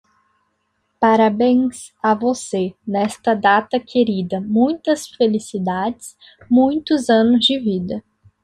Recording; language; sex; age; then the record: short text; Brazilian Portuguese; female; 20 to 29 years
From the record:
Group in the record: control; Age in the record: 21 years